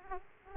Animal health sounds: mosquito wingbeat signal from an infrared sensor; Aedes aegypti

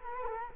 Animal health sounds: mosquito wingbeat signal from an infrared sensor; Culex quinquefasciatus

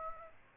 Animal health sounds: mosquito wingbeat signal from an infrared sensor; Aedes aegypti

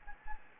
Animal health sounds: mosquito wingbeat signal from an infrared sensor; Anopheles gambiae

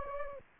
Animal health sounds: mosquito wingbeat signal from an infrared sensor; Anopheles gambiae

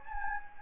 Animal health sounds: mosquito wingbeat signal from an infrared sensor; Anopheles gambiae

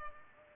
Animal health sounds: mosquito wingbeat signal from an infrared sensor; Culex pipiens

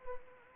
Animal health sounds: mosquito wingbeat signal from an infrared sensor; Anopheles arabiensis

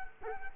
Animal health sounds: mosquito wingbeat signal from an infrared sensor; Culex quinquefasciatus

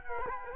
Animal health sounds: mosquito wingbeat signal from an infrared sensor; Culex quinquefasciatus

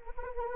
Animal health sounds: mosquito wingbeat signal from an infrared sensor; Anopheles arabiensis

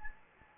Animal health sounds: mosquito wingbeat signal from an infrared sensor; Anopheles gambiae

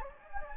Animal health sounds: mosquito wingbeat signal from an infrared sensor; Anopheles gambiae

